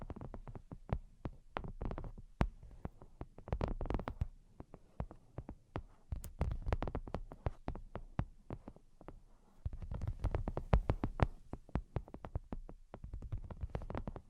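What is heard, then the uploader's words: Tapping sounds come in quick, irregular clusters of sharp, dry clicks, dense in bursts with brief gaps between, around 5, 9 and 13 seconds. Each tap has a low thump underneath and a crisp top, and a faint steady hiss sits behind them. Brain Penetrating 3D Tapping.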